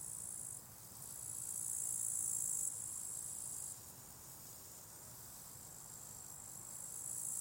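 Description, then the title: Crickets chirping in a high, shimmering trill that comes in long swells with sudden drops, a soft low rumble running underneath. Crickets at a small spot beside a hiking path with wild natural meadows at Lake Wolfgangsee, Strobl, Austria; some traffic audible; recorded with SD702t and MKH8040. "Strobl, Österreich - Grillen am Wolfgangsee"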